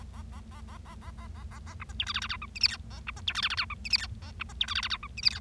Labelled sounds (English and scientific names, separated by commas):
Bengalese Finch (Lonchura striata domestica) song